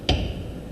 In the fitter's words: lever and push downward that locks it in place for good so now i'm at a 45 degree setting